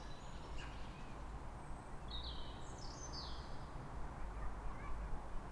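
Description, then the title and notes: Birds give high thin whistles and a brief twittering phrase against constant low traffic rumble. Calm morning in Fresnes, Ile de France, France, 3 May; background noise of the ring road and distant voices. "Matin calme avec oiseaux. Fresnes, Ile de France. Mathias Arrignon"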